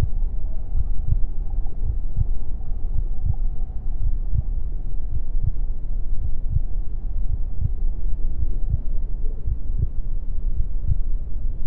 Heartbeat Sound | A Mother's Womb. The gentle thumping of my mother's heartbeat serves as the main focus, a steady rhythm that reverberates through the fluid-filled space. The world beyond the protective barrier of the womb is muffled and distant.